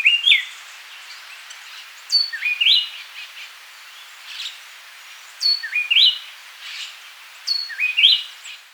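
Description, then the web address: Gray-breasted wood-wren song: rich whistled phrases of stepped notes, repeated every two to three seconds. Ecuador. "S America Birds of Ecuador. Gray-Breasted Wood-Wren"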